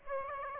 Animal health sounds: mosquito wingbeat signal from an infrared sensor; Aedes aegypti

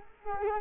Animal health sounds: mosquito wingbeat signal from an infrared sensor; Culex quinquefasciatus

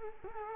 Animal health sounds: mosquito wingbeat signal from an infrared sensor; Culex quinquefasciatus

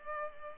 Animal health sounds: mosquito wingbeat signal from an infrared sensor; Culex pipiens

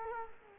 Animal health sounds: mosquito wingbeat signal from an infrared sensor; Culex quinquefasciatus

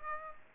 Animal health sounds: mosquito wingbeat signal from an infrared sensor; Aedes aegypti

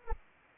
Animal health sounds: mosquito wingbeat signal from an infrared sensor; Anopheles arabiensis

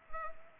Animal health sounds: mosquito wingbeat signal from an infrared sensor; Culex pipiens

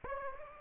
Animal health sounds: mosquito wingbeat signal from an infrared sensor; Aedes aegypti

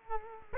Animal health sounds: mosquito wingbeat signal from an infrared sensor; Culex quinquefasciatus

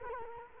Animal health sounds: mosquito wingbeat signal from an infrared sensor; Culex quinquefasciatus

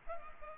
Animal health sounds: mosquito wingbeat signal from an infrared sensor; Culex pipiens

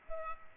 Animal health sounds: mosquito wingbeat signal from an infrared sensor; Culex pipiens

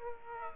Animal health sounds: mosquito wingbeat signal from an infrared sensor; Aedes aegypti

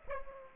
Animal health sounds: mosquito wingbeat signal from an infrared sensor; Aedes aegypti

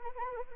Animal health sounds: mosquito wingbeat signal from an infrared sensor; Anopheles arabiensis

